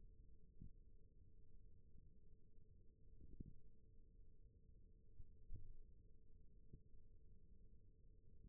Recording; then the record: forearm muscle sounds (acoustic myography)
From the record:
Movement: rest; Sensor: system 1, eight BSWA MPA416 microphones around the upper forearm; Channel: 4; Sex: male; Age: 21 years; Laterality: right